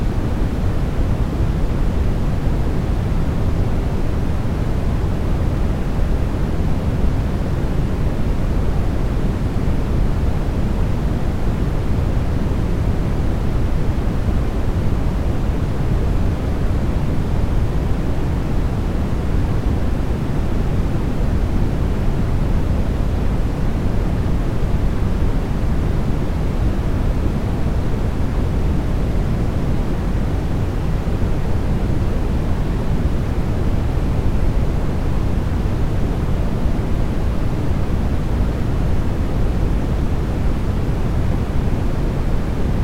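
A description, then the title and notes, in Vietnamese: White noise plays as a steady, unchanging rush throughout, weighted toward a deep low rumble with softer hiss above and no distinct events. Tiếng Ồn Trắng. Âm thanh tiếng ồn.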